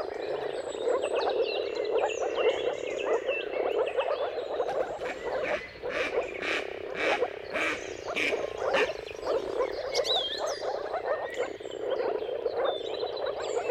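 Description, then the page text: Dense moor frog chorus of low watery bubbling, unbroken for the whole stretch, with sharp bird calls and chirps scattered over it. Moor frogs in mating chorus at sunrise, at the turn of March and April depending on the weather. "Jakub-Orzecki moor frogs. Dawn’s Chorus: Mating Calls of Marsh Frogs at Sunrise. Depending on the weather at the turn of March and April, you can witness an amazing spectacle of moor frogs"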